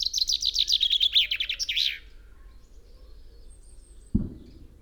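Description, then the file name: Common chaffinch singing a cascading trill of short notes that slides downward into a final flourish, followed by a single low thud. "Fringilla coelebs"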